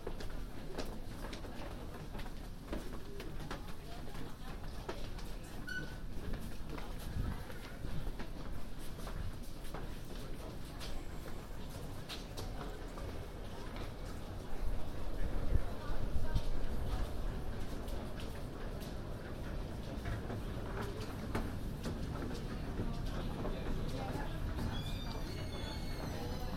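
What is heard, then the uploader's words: A walk around London on New Year's Eve: a dense, steady crowd murmur with voices and footsteps over a low rumble of trains or traffic. Sharp clicks and knocks come and go throughout, and around the fifteen-second mark the noise swells briefly louder. A walk around London, new years eve.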